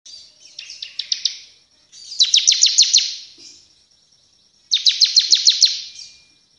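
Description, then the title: Bar-winged prinia song in three bursts of rapid, piercing chip notes, each string lasting about a second with quiet gaps between. Vigorously singing bird, described as delivering three song types; recording made for training other cage birds. "Ciblek gacor nembak 3 lagu untuk masteran"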